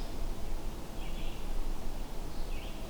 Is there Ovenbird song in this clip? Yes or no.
no